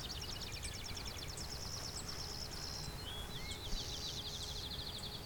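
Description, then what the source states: Clay-colored Sparrow singing rapid strings of thin buzzy notes, a second buzzy singer joining midway, faint high chips and a low constant rumble underneath. Singing bird about 20 feet in front of the recordist in open thicket of field and shrubs near Westover, Ontario, late June; low-pitched song hard to hear even up close.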